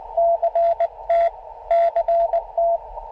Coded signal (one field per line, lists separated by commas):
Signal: Morse code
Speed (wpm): 18 wpm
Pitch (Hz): 690 Hz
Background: radio noise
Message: CT CT